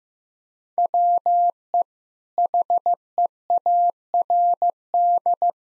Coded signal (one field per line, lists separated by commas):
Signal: Morse code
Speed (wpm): 15 wpm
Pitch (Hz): 700 Hz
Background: none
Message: WE HEARD